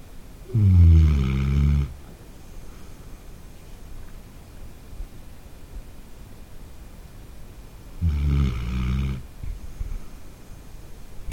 Snoring in the middle of the night.